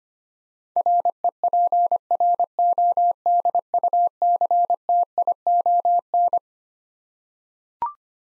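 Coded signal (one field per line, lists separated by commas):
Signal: Morse code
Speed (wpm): 25 wpm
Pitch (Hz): 700 Hz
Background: none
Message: REPRODUCTION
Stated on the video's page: Morse head-copy drill of twelve-letter words at 25 wpm; each word sent, spoken, then sent again.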